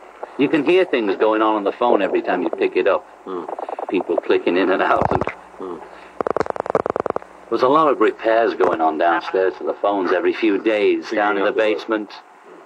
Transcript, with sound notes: You can hear things going on on the phone every time you pick it up, people clicking in and out.
(SOUNDBITE OF PHONE STATIC)
There's a lot of repairs going on downstairs to the phones every few days, down in the basement.